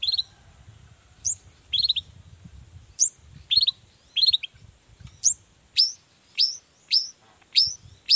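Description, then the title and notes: Long-tailed shrike calls, high sharp rising notes repeated many times, with a faint low rumble in the background. Long-tailed shrike in full song (gacor) in the morning, singing the 'toet toet' variation; said to prompt other shrikes to answer. "Cendet Gacor Dor Di Kala Pagi Toet Toet Variasi Suara. Cendet Gacor Pagi Hari Biangnya Bikin Cendet Manapun Langsung On Nyaut Buka Materi. Burung cendet"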